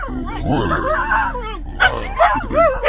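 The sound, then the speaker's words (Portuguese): A small dog whimpers in high, wavering whines, then lets out a few short, sharp yips toward the end. “Cala a boca, cachorro!”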